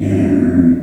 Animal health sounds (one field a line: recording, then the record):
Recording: squeal of a Yucatan mini pig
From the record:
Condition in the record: after surgery on the right vocal fold (resection and tissue-engineered implant)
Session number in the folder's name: 4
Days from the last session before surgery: 26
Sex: female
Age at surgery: 19 weeks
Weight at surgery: 25 kg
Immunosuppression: prednisolone